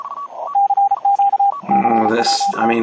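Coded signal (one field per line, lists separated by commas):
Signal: Morse code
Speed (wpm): 33 wpm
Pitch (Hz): 800 Hz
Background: speech, radio noise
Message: CQ CWT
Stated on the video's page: CW contest operation through a club's remote HF stations.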